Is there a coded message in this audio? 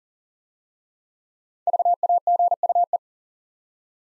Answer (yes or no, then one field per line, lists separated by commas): yes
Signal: Morse code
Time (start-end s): 1.7-3.0 s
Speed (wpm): 39 wpm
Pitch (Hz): 700 Hz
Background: none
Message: VAGUE